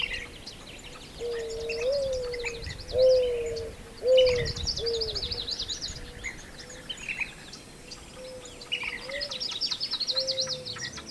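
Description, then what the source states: Mourning Dove with a slow series of low, soft coos, several swelling and dipping, spaced about a second apart, amid twittering songbirds and a brief low thump. Year-round resident in the region and most of the country; haunting sound heard in the early morning and more often in the summer months.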